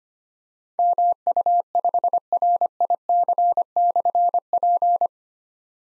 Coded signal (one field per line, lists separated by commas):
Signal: Morse code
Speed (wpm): 25 wpm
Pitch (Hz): 700 Hz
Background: none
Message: MU5RIC/P